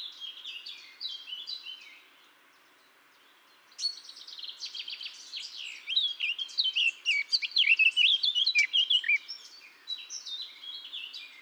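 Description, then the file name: Eurasian blackcap song with quiet chattering notes, a short lull, then a sustained, rapid, rich warbling phrase with clear whistled elements over faint background hiss. "Sylvia atricapilla"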